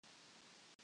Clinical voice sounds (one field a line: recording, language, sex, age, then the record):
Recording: spoken sentence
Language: Brazilian Portuguese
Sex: female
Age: 50 to 59 years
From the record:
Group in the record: control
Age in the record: 55 years